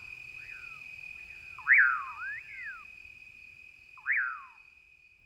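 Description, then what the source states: Common Pauraque calls, slurred whistles rising then falling, some louder and some fainter, over a constant insect hum, ending in a sudden click. Vibrant pirir call, described as a signature night sound of the Rio Grande Valley.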